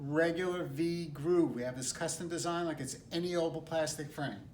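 A V-groove edged eyeglass lens is handled at a plastic eyeglass frame rim while a man talks throughout. No snap is heard, and the lens has not seated or clicked into the frame yet.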